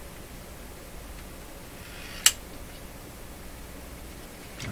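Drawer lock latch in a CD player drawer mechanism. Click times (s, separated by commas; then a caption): 2.3 s. The drawer lock latch in the CD drawer mechanism of a restored Linn Classik 115 engages with a single sharp, bright click at 2.3 s, over a low steady background hiss. The lock seats in place, which stops anyone from pulling the CD drawer open.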